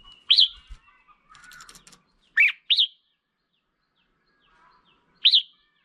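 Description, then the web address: Red-whiskered bulbul with several slurred whistled notes, singly and in pairs, with a brief soft rustle early on. Female bird. "tieng chao mao mai. tieng dong vat"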